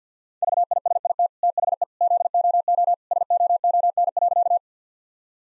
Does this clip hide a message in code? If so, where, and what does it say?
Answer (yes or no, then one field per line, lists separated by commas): yes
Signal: Morse code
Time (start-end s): 0.4-4.6 s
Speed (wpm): 50 wpm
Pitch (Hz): 700 Hz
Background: none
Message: VISIT THE ZOO SOON.